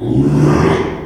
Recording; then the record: squeal of a Yucatan mini pig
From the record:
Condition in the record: after surgery on the right vocal fold (resection and tissue-engineered implant); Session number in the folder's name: 3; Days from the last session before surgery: 33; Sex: male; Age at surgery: 12 weeks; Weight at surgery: 13 kg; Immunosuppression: cyclosporine, prednisolone